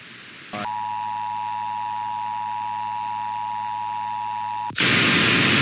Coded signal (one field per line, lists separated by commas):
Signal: Emergency Alert System (SAME) tones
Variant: 853 and 960 Hz attention tone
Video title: EAS #56-61 - Utah Monthly and IPAWS Weekly Tests (1/8/24)